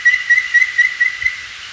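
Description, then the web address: Chestnut-naped antpitta giving a rapid run of short, pure whistled notes at an even pitch. Recorded in Ecuador. "Birds of Ecuador 2. Chestnut-Naped Antpitta"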